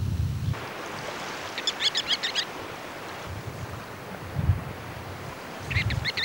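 Bird calls, two short bursts of rapid high chattering notes, set against steady wind or surf noise with low rumbles.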